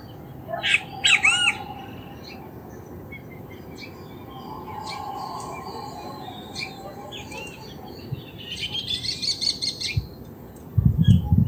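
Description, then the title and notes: Great kiskadees giving harsh, arched squawking notes near the start, with a buzzy burst later on, over a steady background hum and a few low thumps. Ambient recording of several great kiskadees calling near the Iyuí stream, Casavalle, Montevideo, Uruguay, on 7 October 2019. "Benteveos de Casavalle. Sonido ambiente con canto de Benteveos. Recopilado el 7 de octubre de 2019 en las inmediaciones de la cañada Iyuí (Casavalle, Montevideo - Uruguay)"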